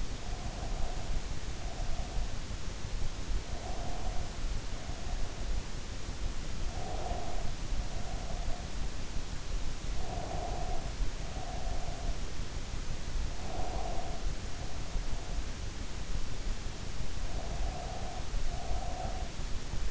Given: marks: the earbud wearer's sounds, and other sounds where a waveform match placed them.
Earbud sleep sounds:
sounds in sleep by an in-ear microphone; breath
0.00-2.37 s: breath
3.41-5.59 s: breath
6.63-8.90 s: breath
10.00-12.24 s: breath
13.35-15.59 s: breath
17.25-19.45 s: breath

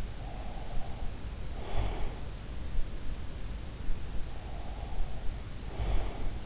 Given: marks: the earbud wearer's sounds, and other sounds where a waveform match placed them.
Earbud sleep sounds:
sounds in sleep by an in-ear microphone; breath
0.22-2.19 s: breath
4.53-6.46 s: breath

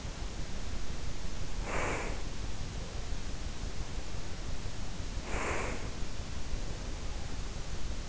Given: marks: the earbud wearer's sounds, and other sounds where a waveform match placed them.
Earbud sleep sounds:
sounds in sleep by an in-ear microphone; breath
1.53-2.25 s: breath
4.78-6.25 s: breath

